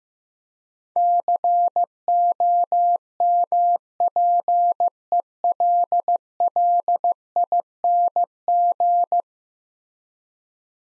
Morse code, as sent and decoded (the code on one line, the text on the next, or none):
-.-. --- -- .--. . .-.. .-.. .. -. --.
COMPELLING